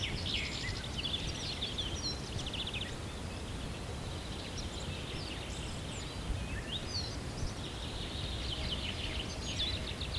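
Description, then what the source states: Birdsong from several birds at once, busy high twittering and trilled phrases, with constant low-pitched background noise underneath. Birds recorded at sunrise, morning.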